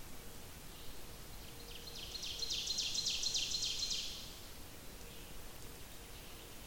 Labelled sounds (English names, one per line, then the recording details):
Ovenbird song
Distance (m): 60 m
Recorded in boreal forest in Alberta, Canada, on 28 May 2016 at 06:52
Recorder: SongMeter 3, array SBT-3-49
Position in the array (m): 82 m, 256 m
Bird 14